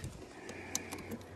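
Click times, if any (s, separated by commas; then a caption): none. A plastic part of the inner door handle assembly on a BMW X3/X4 is handled against the door trim panel, with light tapping and short clicky contact sounds, the sharpest near 0.8 s. Nothing has seated or clicked into place yet; the part is not yet home.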